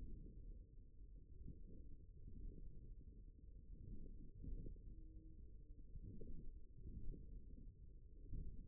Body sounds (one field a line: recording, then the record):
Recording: forearm muscle sounds (acoustic myography)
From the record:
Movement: forearm pronation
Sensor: system 1, eight BSWA MPA416 microphones around the upper forearm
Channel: 7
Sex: male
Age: 54 years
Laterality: right